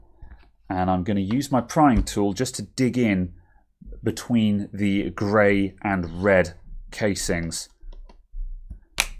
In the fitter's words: and we're just looking for those little clicks that just signify the case popping apart